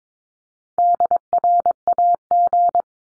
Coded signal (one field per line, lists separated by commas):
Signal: Morse code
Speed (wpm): 22 wpm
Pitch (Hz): 700 Hz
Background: none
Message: DRAG